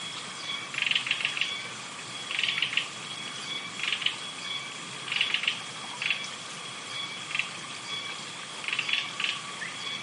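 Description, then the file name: Japanese robin song: several short, rattling, trilled bursts, partly masked by a steady high hiss and constant tonal lines. "akahige"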